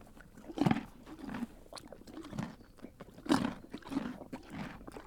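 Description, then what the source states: Canadian horse chewing, with loud irregular crunching bursts spaced about a second apart between quieter grinding. Eating carrots.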